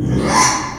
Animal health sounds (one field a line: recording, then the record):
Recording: squeal of a Yucatan mini pig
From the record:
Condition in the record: after surgery on the right vocal fold (resection and tissue-engineered implant)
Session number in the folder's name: 3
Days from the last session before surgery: 33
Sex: male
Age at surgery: 12 weeks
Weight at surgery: 13 kg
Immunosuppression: cyclosporine, prednisolone